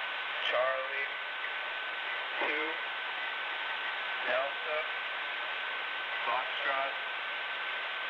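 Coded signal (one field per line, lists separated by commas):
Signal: numbers station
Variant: male voice, random letters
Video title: Spy Numbers station (Live ) random letters male 4725khz (with correction)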